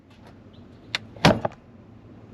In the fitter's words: did you hear that click